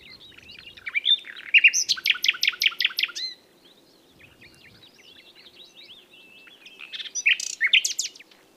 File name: Luscinia megarhynchos